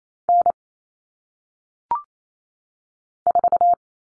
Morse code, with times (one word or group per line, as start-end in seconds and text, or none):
0.3-0.5 N
3.3-3.7 4